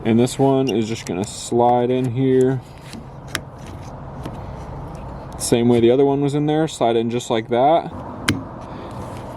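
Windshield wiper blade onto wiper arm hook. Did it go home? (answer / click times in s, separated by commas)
yes / 8.3 s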